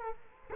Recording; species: mosquito wingbeat signal from an infrared sensor; Culex quinquefasciatus